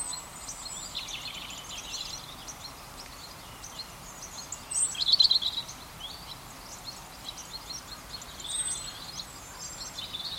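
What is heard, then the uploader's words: A sparse dawn chorus on a calm autumn morning at an Exmoor farm, with high, thin chirps scattered throughout. A brighter burst of quick trills rises around the five-second mark, and again faintly near nine seconds. A soft, steady wind hush fills the background. British Countryside Atmosphere. Calm autumn morning at a farm in Exmoor National Park in England. There is a sparse dawn chorus and soft wind in the vegetation.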